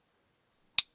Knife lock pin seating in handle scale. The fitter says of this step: and locks in place.